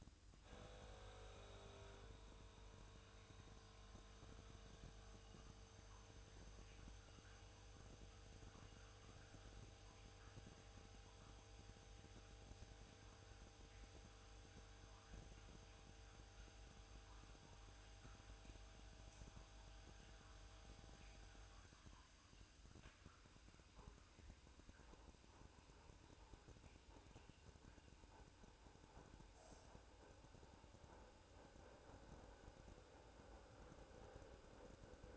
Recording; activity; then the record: daily activity, microphone in the room; make coffee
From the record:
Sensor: 2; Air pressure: 1007.2 hPa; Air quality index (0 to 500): 44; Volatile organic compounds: 1 ppm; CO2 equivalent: 552 ppm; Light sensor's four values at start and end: 6/14/6/6 and 6/14/6/6